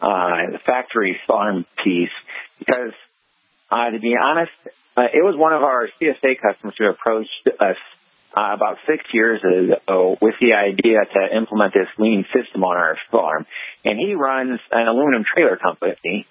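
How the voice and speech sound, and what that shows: An adult man speaks in a low voice with frequent short pauses, a few stretched sounds and brief creaky, tight breaks at phrase ends; occasionally a sentence is cut short. This is spasmodic dysphonia, in which the vocal cords involuntarily clamp shut and cut off the voice.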